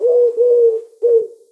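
Eurasian collared dove cooing, three low hollow coos, steady in pitch, the third after a short pause.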